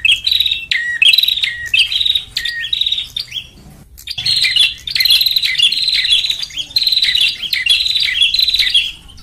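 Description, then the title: Lovebird call sequence: squeaky, buzzy chirps in quick succession, a brief lull near the middle, then a long stretch of shrill, rapid chattering. Lure recording for trapping lovebirds. "PIKAT BURUNG LOVEBIRD"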